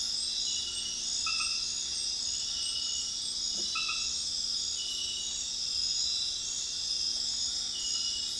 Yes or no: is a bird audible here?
no